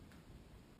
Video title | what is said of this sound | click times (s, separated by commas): REMONTAGE PW80 partie 1 #09 | On appuie un petit peu, clac, ça s'emboîte tout seul, ça dégueule, mais c'est pas grave, on nettoiera tout ça après. | 0.1 s